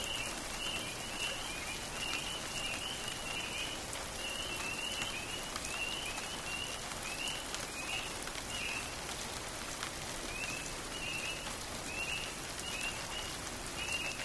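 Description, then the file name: Spring peepers peeping repeatedly through the steady hiss of heavy rain. Heard at night during a thunderstorm with rain, Florence, Kentucky, USA, Easter night 2004. "Thunder Rain Spring Peeps Night Birds Florence KY Easter Night 2004 Craig Wilson"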